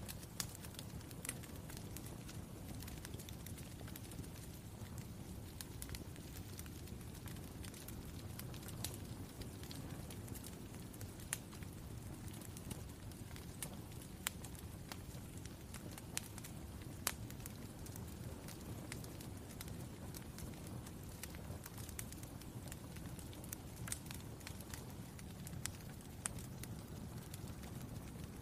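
A fireplace crackles steadily, with a warm low rumble underneath and frequent sharp snaps and pops scattered throughout, a few louder ones standing out. The sound stays even for the whole stretch, dense and continuous without any pause.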